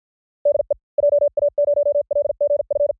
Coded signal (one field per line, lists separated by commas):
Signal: Morse code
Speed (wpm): 50 wpm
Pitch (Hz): 580 Hz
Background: none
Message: DE JA0LGF